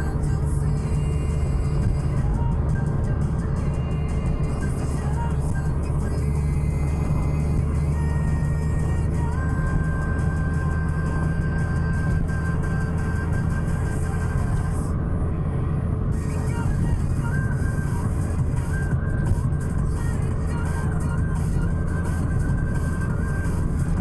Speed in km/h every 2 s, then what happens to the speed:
65, 66, 66, 67, 70, 75, 76, 76, 76, 75, 76, 77.
0-5 steady at about 66. 5-11 speeds up to 76. 11-24 steady at about 76.